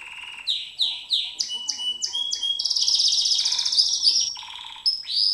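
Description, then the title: White-eye song opening with a series of descending slurred chirps, then a dense buzzy warble before sharp whistled notes. Song in the ngerol ngalas style, a long continuous rolling song. "Suara Burung Pleci Ngerol Ngalas"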